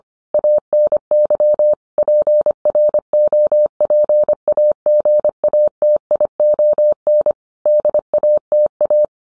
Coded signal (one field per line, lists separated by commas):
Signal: Morse code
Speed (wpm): 25 wpm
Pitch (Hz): 600 Hz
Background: none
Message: ANY PROPAGATION DATA